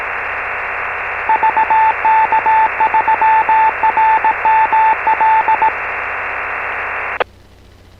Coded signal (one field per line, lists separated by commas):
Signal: Morse code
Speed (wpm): 18 wpm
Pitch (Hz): 880 Hz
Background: radio noise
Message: VK3RML